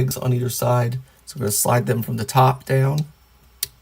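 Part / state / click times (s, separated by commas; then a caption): plastic shoulder piece onto the pegs of a toy robot torso / seated / 3.6 s. A plastic shoulder piece for a toy robot is slid down from the top along two grooves onto the pegs of the torso while someone talks. After the talking stops, a single short, sharp click is heard at 3.6 s as the piece seats into place.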